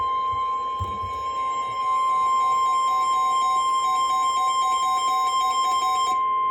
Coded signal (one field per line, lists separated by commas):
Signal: Emergency Alert System (SAME) tones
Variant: 1050 Hz attention tone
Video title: Severe Thunderstorm Warning (EAS 2386) 7/29/23